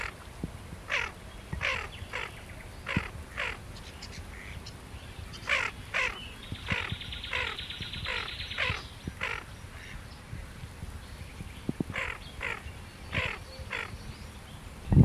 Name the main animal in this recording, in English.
Tufted Duck